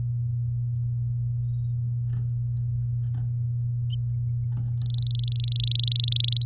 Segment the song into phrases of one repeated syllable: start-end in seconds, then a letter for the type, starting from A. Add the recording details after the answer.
4.82-6.43 A. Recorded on 9 May 2018 at 10:42. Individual llb16